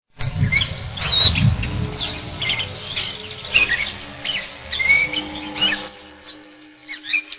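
Catbird song, a jumble of squeaky and whistled notes in quick irregular phrases over a low rumble in the first seconds.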